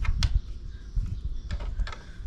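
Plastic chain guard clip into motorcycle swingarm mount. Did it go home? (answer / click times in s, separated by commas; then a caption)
yes / 0.2 s. While refitting the plastic chain guard during a chain kit change on a BMW F850GS motorcycle, a plastic chain guard clip is pressed into its swingarm mount. A sharp, bright snap at 0.2 s marks the clip seating, with a few softer taps and clicks later in the clip at about 1.5 and 1.9 s. The clip snaps in and is seated.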